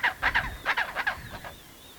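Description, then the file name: Adélie penguin uttering a short run of harsh croaking notes that fade out, with a faint thin whistle behind. Antarctica, 1993. "Pygoscelis adeliae 1993"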